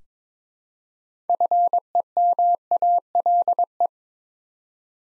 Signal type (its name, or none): Morse code